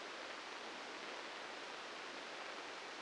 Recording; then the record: brain microelectrode recording played as sound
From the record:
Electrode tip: outside the subthalamic nucleus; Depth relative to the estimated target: -2 mm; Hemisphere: left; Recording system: NeuroSet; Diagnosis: Parkinson's disease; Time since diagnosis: 13 years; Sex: male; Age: 63 years